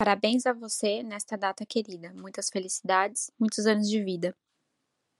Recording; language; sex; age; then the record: short text; Brazilian Portuguese; female; 20 to 29 years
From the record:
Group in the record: control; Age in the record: 27 years